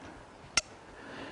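The male end of a plastic side-release buckle on the hip belt of a Tasmanian Tiger Mission Pack backpack is pushed into the female end and snaps together at 0.6 s with a short, sharp, springy click rather than a crisp one. The buckle seats, and only faint low background noise surrounds it.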